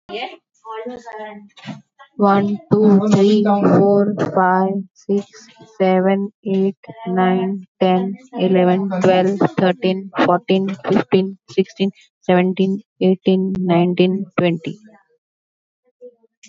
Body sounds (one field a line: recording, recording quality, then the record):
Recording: counting at a normal pace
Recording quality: excellent, no background noise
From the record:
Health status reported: healthy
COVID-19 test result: negative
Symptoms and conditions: none ticked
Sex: female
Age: 49 years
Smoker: not ticked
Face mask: not worn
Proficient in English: yes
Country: India